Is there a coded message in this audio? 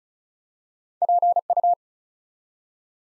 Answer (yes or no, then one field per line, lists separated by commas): yes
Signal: Morse code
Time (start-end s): 1.0-1.7 s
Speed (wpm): 36 wpm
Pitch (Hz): 700 Hz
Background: none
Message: PU